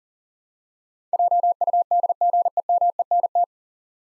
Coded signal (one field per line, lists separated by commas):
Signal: Morse code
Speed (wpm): 37 wpm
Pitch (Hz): 700 Hz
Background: none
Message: JUDGEMENT